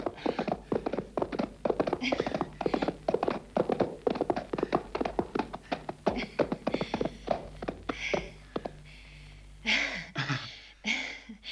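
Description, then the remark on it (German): A horse ridden fast in a race gallops in a fast, steady drumming of hoofbeats that runs for several seconds, then gives way to softer, breathy sounds and a few sharp exhalations. “Was macht der rasche Ritt?”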